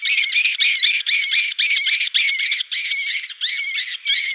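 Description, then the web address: Lesser kestrel calling in loud, grating, buzzy notes, each held briefly and repeated in quick succession with short gaps, nearly two per second. "Schulze Peter Lesser Kestrel"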